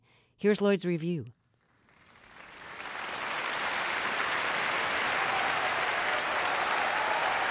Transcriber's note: applause